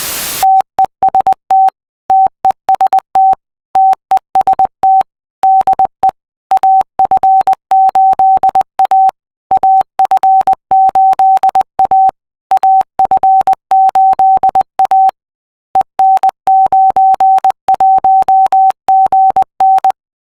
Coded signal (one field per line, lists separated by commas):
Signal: Morse code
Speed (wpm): 20 wpm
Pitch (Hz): 770 Hz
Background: none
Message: TEST TEST TEST DE AF8A AF8A AF8A EN91GN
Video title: Solar Eclipse QSO Party Telecon (SEQP) - 27 April 2023